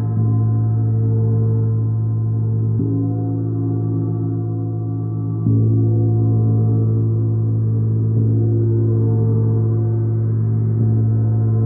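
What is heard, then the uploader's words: A gong drones in a deep, sustained wash of low tones, with fresh strokes renewing the sound about every two and a half to three seconds. Each new stroke shifts the layered overtones slightly while the overall level stays full and even, warm. Shifting Energy with Divine Feminine Gong.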